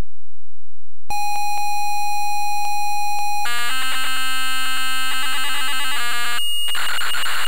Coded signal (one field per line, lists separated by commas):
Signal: ZX Spectrum tape loading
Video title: Haxpoc-Lock Encoding Scheme - Star Wars ZX Spectrum Loading Screen